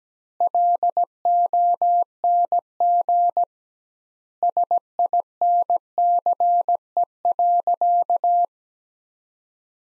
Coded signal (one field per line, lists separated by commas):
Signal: Morse code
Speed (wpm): 17 wpm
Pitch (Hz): 700 Hz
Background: none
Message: LONG SINCE.